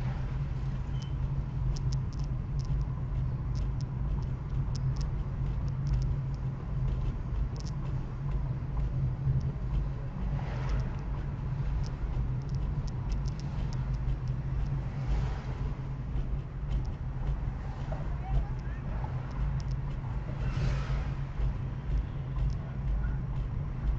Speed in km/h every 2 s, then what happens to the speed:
29, 30, 30, 30, 30, 29, 28, 28, 26, 27, 28, 29.
0-24 steady at about 29.